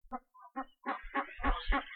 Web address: birds anatidae calls alopochen aegyptiaca